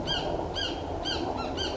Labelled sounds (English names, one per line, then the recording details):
Blue-gray Gnatcatcher
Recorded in Sonoma County, California